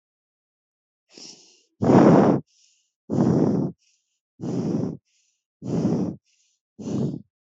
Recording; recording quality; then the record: shallow breathing; excellent, no background noise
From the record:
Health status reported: healthy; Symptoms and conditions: none ticked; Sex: female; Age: 23 years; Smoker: not ticked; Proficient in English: yes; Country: India